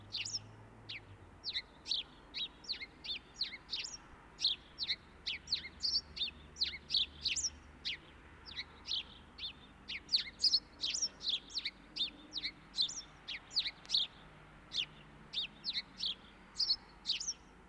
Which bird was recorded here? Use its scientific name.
Passer domesticus